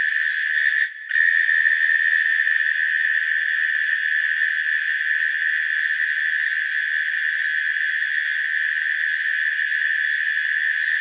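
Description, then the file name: Insects trilling steadily, a shrill continuous trill with regular high chirps, briefly dipping near the start. Recorded at night in autumn in Australia. "zapsplat animals insects night australia autumn"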